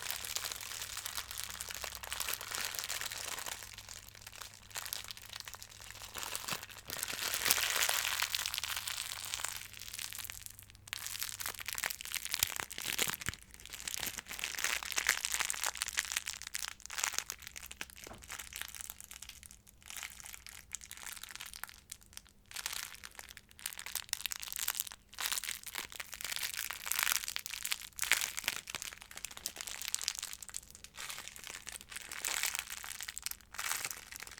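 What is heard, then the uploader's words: Crinkling sounds, bright and papery, fill the whole stretch with a dense, irregular rustle broken by sharp crackles and brief gaps. A louder, fuller burst comes around seven to nine seconds. A faint low hum runs underneath, steadier in the first twelve seconds. Ear-To-Ear Crinkling Sounds.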